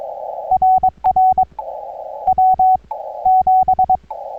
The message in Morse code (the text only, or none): RR W7